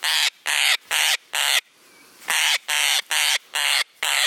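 Parrot uttering loud, buzzy squawks, four in quick succession, a short pause, then five more.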